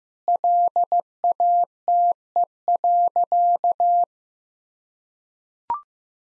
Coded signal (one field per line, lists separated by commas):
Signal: Morse code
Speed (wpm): 14 wpm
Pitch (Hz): 700 Hz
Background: none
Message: LATE.